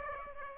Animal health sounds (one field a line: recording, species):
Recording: mosquito wingbeat signal from an infrared sensor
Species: Aedes aegypti